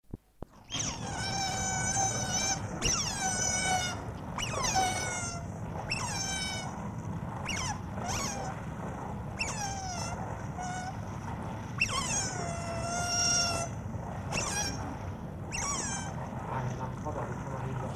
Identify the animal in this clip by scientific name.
Lutra lutra